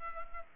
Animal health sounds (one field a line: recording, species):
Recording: mosquito wingbeat signal from an infrared sensor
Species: Culex pipiens